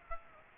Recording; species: mosquito wingbeat signal from an infrared sensor; Aedes aegypti